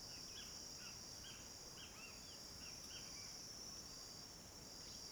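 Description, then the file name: Crickets trilling together in a constant shrill band, while a bird gives a string of short, slurred chirps over the first few seconds. Cricket chorus in the late afternoon, with some birds present. "Coro de grilos em fim de tarde com alguns passaros"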